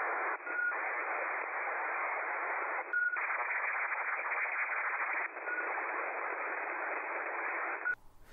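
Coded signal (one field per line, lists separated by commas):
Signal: ACARS aircraft data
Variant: HFDL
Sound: three bursts of steady hiss-like data, each starting with a short tone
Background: radio static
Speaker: next is hfdl you'll be able to see the actual decoding of the message using the SDR and Sweden's hfdl decoder take a listen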